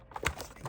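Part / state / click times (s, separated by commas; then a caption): plastic battery cover into robot vacuum underside / seated / 0.3 s. A plastic battery compartment cover is flexed slightly and worked back into the underside of a Deebot T8 Plus robot vacuum after a battery swap. Faint plastic taps and rubs lead to one sharp snap at 0.3 s, followed by softer handling ticks. The cover seats, snapping into place on that side.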